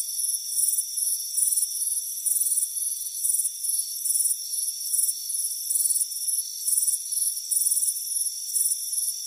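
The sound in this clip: Crickets give rapid high chirps, some longer and some clipped, over a faint steady ringing tone.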